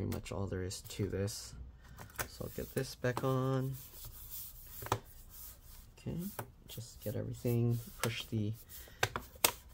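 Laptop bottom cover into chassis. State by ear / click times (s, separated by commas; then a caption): seated / 9.0 s, 9.2 s, 9.5 s. Someone talks while pressing the edges of the plastic bottom cover of a Dell Inspiron 7000 7501 laptop down onto the chassis. Three sharp clicks sound at 9.0, 9.2 and 9.5 seconds as the cover's clips snap into place, and the cover is seated.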